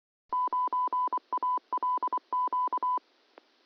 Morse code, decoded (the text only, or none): 9ALQ